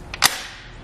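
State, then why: Seated. The handle on a Thule Helium Pro 3-bike hitch rack mounted on a 2019 Chevrolet Traverse is pulled up, and the metal carrier arms are folded down to save space. A lighter click at 0.1 s is followed by a sharp, louder metallic click at 0.3 s, then a fading ring. The arms lock into their folded position.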